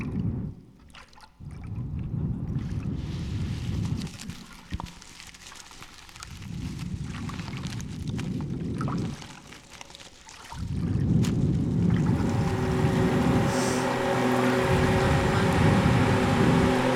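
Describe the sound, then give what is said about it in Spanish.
Wind blows steadily over the sea, a broad rushing roar that swells and eases in gusts, growing fuller and louder toward the end, with no voices. “Se oye el viento, que es el aliento de la selva y del mar.”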